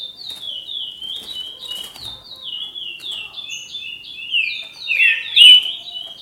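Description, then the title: Green-winged saltator delivering a continuous chain of short falling whistles, growing louder toward the end with a bright, ringing flourish. "Trinca Ferro"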